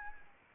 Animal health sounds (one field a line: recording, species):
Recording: mosquito wingbeat signal from an infrared sensor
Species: Anopheles arabiensis